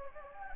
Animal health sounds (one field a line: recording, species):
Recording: mosquito wingbeat signal from an infrared sensor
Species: Anopheles gambiae